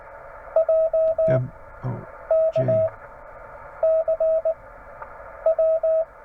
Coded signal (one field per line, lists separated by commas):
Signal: Morse code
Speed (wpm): 16 wpm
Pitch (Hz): 690 Hz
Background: radio noise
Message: JK CW